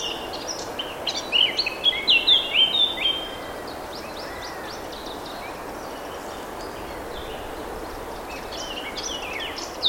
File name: Sylvia atricapilla